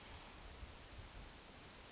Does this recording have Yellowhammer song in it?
no